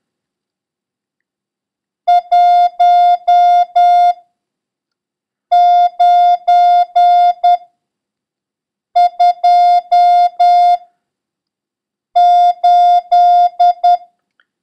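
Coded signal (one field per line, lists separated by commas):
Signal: Morse code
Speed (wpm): 10 wpm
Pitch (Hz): 710 Hz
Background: none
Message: 1928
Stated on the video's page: Morse lesson covering the letters H, B, F and number 9.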